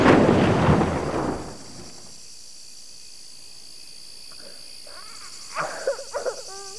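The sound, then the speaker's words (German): A single loud gunshot bursts out and rumbles away over about two seconds, leaving a steady high insect drone with a few short chirps near the end. “Hey, ihr da! Schieß nicht auf sie!”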